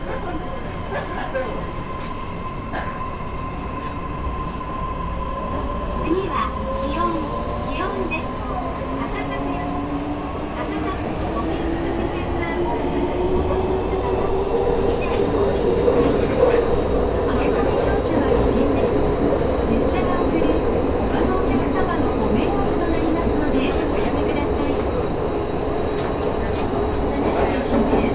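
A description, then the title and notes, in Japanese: A train ride, filled with a steady, dense rumble that grows gradually louder over the clip. A motor whine climbs in pitch as the train picks up speed, while a thin steady tone runs through the first ten seconds. Scattered clicks and faint voices sit underneath. 鉄道旅 佐賀→博多→中洲川端→呉服町。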